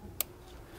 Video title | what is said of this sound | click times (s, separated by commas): Mercedes W203 Intake Manifold Replacement DIY (2005-2012 Mercedes M272 Swirl Flap Repair) - Part 2 | and click it in | 0.2 s